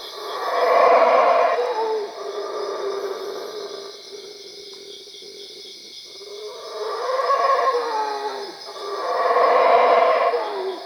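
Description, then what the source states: Howler monkey giving harsh, throaty roars: one loud swell at the start, a lull, then two more rising roars, over a constant high background drone. Recorded at Cuevas.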